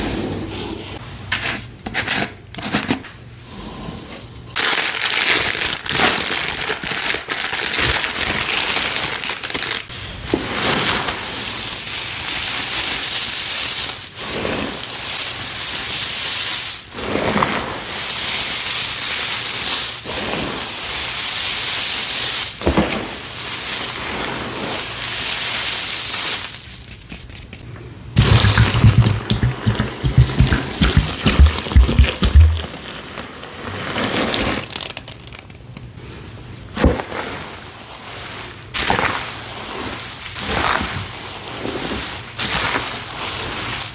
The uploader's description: Dumping glitter to make a glitter mix, pouring water, mixing paste, scooping into tins.